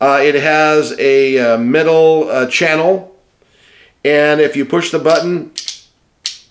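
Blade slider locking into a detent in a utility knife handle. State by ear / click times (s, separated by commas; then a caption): seated / 6.3 s. A slide button on a plastic utility knife is pushed while someone talks. The blade carrier clicks into a lock position in the handle's detent at 6.3 s, with a short, sharp click that seats it.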